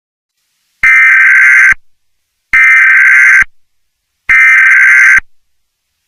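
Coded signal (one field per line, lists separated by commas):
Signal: Emergency Alert System (SAME) tones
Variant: header bursts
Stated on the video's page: Fictional EAS scenario.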